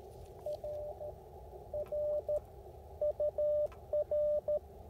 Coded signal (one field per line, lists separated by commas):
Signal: Morse code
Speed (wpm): 15 wpm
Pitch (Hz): 600 Hz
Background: radio noise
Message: R R UR